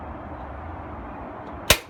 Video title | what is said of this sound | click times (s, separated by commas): Dihedral Builders - CrystaLite Privacy Screen Part 1 | to clamp it together there we go snaps | 1.7 s